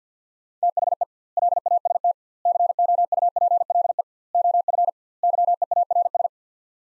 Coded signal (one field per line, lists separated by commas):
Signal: Morse code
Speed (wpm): 50 wpm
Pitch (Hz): 700 Hz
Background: none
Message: THE LAST COUPLE OF YEARS